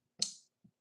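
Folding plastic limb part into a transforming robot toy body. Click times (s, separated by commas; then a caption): 0.2 s. A plastic limb part of a 40th-anniversary Voltron robot toy being transformed is folded up and slid into the body until it locks into place. A single sharp, bright click with a low thump sounds at 0.2 s and rings out for about a quarter second, followed by a faint low knock near 0.7 s. The leg part is seated and locked.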